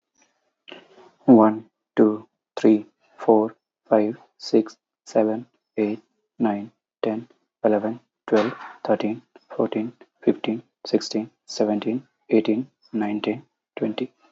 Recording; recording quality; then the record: counting at a normal pace; excellent, no background noise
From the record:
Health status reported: healthy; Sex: male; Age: 28 years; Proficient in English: yes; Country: India